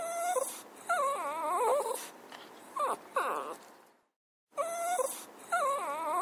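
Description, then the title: Dog whimpering, with long quivering cries that waver in pitch, a few short yelps, a silent gap, then more wavering whines. A puppy crying. "Sonido de perro llorando"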